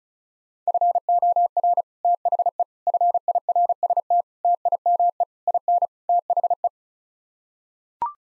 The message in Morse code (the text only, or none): FOR THE FIRST TIME IN THE